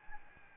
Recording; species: mosquito wingbeat signal from an infrared sensor; Aedes albopictus